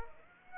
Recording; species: mosquito wingbeat signal from an infrared sensor; Aedes aegypti